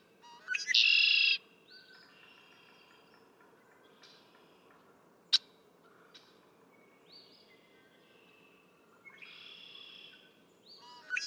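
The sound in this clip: Red-winged blackbird: a loud buzzy trilled song, scattered quieter notes and a sharp click, then another song later on.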